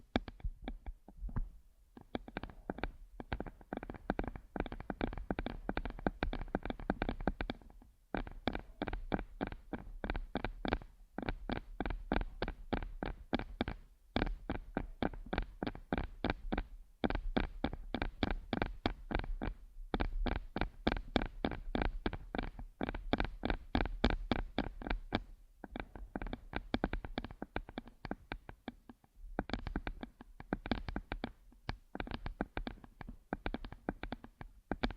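ASMR massage triggers: dense, rapid tapping and rubbing strokes run almost nonstop, with brief pauses, over a steady low rumble.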